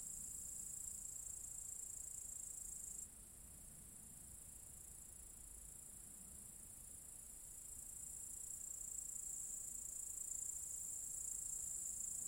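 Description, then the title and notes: Cicadas singing a sustained high-pitched buzz that dips in loudness around three seconds and slowly swells again toward the end. Cicadas in an apple tree orchard at Zalensų Sodybos, Lithuania, recorded on 23 August 2015. "Cicadas (Zalensų Sodybos, Lithuania, August 23rd, 2015). Cicadas in a apple tree orchard"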